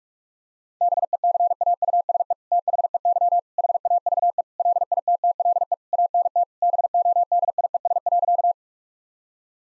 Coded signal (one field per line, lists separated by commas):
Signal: Morse code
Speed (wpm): 41 wpm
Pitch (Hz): 700 Hz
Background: none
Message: BECAUSE THEY HAVE LITTLE ANT BODIES.